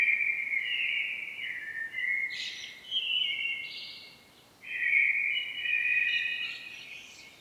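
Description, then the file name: Common blackbird song with flowing fluted phrases broken by high squeaky notes, a short pause, then another warbling phrase. "Turdus merula"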